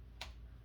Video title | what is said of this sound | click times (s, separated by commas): View 2: Installation of 225f CPU into Asus Prime H810m-A Wifi CSM motherboard and stock fan | You should hear it click and | 0.2 s